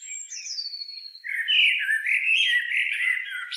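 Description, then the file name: Common blackbird singing: thin high whistles slide downward, then a warbled, chattering phrase runs on steadily for about two seconds. "Turdus merula"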